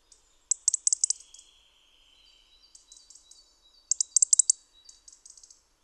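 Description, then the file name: European robin song: rapid bursts of high, tinkling twittered notes, a long thin lower whistle drawn out after the first burst, then another fast sparkling phrase. "Erithacus rubecula"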